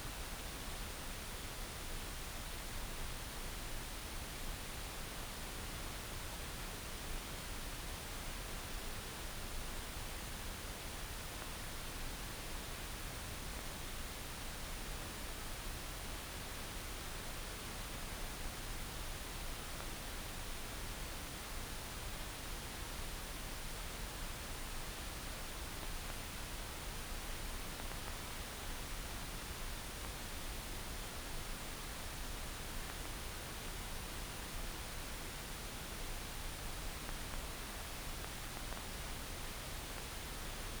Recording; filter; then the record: brain microelectrode recording played as sound; wide band, above 20 Hz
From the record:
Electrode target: subthalamic nucleus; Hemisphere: right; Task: reaching with the left hand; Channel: 1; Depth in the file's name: 5.102 mm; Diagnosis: Parkinson's disease